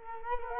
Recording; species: mosquito wingbeat signal from an infrared sensor; Culex quinquefasciatus